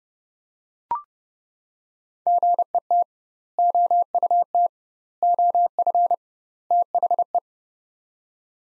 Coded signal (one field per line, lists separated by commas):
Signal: Morse code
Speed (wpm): 32 wpm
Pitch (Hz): 700 Hz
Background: none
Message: GET OUT OF THE